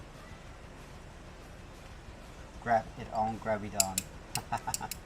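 A magnetized attachment piece is handled against a mounting surface. Someone talks over faint background noise while several short, sharp taps and knocks sound in the second half of the clip. Nothing has seated or clicked into place yet.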